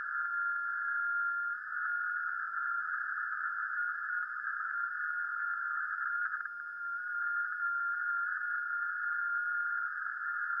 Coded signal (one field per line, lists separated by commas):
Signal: FT8